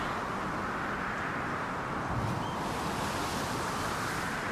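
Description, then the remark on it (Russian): Ocean waves beating against the side of a ship roar in a steady, dense wash of hissing surf, with a slight surge of crashing water midway and no voices. “«К шлюпке!» — крикнул он, пытаясь перекричать шум волн.”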